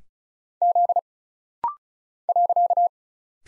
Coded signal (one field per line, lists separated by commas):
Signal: Morse code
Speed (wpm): 36 wpm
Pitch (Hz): 700 Hz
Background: none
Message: Z .